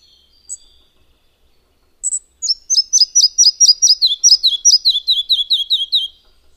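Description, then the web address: Red-breasted flycatcher singing: one high chip and a sharp note, then a rapid rhythmic series of clear repeated notes that slides lower as it goes. "agykontroll Madardalok Cd 1. Kis légykapó"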